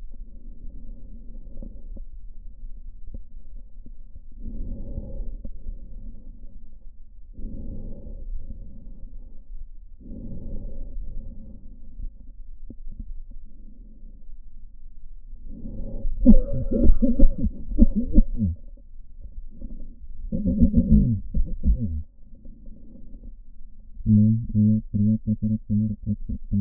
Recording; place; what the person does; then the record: lung sounds by stethoscope; right posterior basal chest; quiet breathing, then cough and speech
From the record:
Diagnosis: none (healthy); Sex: male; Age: 45 years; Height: 173 cm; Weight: 92 kg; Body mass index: 30.7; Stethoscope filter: diaphragm mode